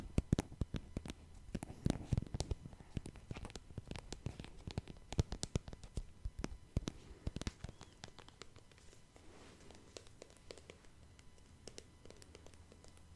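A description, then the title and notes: Quick, sharp tapping in irregular bursts, crowded and fairly loud through the first seven seconds, then thinning out and growing softer toward the end. A steady low hum runs underneath, with faint crinkly rustling between the taps. No voices. Tapping No Talking.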